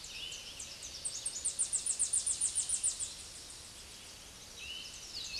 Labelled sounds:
Tennessee Warbler song

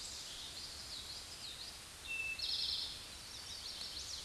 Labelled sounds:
Eastern Towhee song

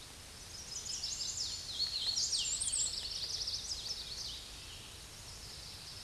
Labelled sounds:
Hooded Warbler song

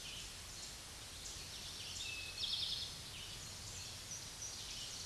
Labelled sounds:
Eastern Towhee song

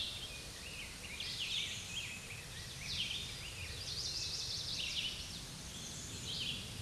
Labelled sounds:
Red-eyed Vireo song

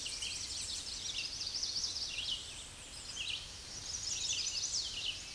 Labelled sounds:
Red-eyed Vireo song

